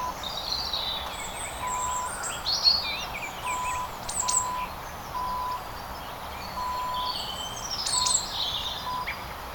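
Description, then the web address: Scattered high bird chirps and short sweeping notes over a quiet background, broken by occasional brief steady tones. Countryside setting in winter. "sevenleaf. Quiet Birds Country Winter"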